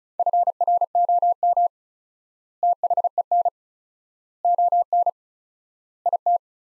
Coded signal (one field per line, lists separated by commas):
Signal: Morse code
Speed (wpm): 36 wpm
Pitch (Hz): 700 Hz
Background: none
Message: FROM THEN ON IT